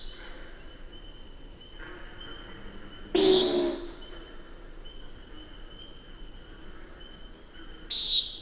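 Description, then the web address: Common nighthawk calls: two short, rasping, nasal buzzes several seconds apart over a faint, constant electronic whine. "Songs of Birds of North America Know Your Bird Sounds. Common Nighthawk"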